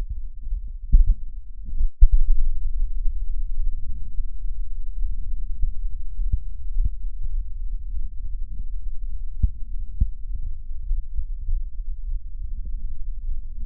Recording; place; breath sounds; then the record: lung sounds by stethoscope; right posterior middle chest; expiratory wheeze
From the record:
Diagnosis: asthma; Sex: female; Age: 53 years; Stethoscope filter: bell mode, 20 to 200 Hz